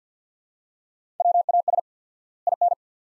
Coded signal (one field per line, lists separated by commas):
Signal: Morse code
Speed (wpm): 50 wpm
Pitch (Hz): 700 Hz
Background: none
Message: WAS IN